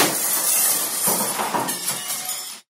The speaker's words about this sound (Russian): Огромное стекло с громким звоном лопнуло и осыпалось, а все одержимые в радиусе 50 метров ломанулись к нам.